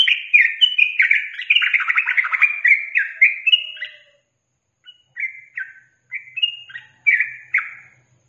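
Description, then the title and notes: Yellow-vented bulbul song opening in a fast, dense chattering burst of warbled notes, then a pause and a few separate bubbling phrases. Masteran training recording for songbirds, featuring the tembakan and ropel song styles. "MASTERAN Trucukan Tembakan Dan Ropel 1. BURUNG TRUCUKAN"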